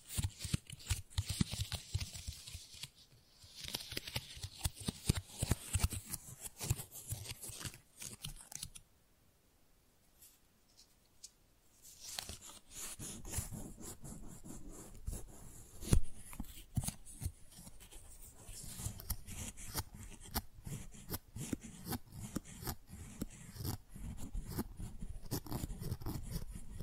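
Tingly flower sounds: dense crinkly rustling and crisp snipping, pausing briefly near 9–12 seconds, then resuming steadily with occasional sharper clicks.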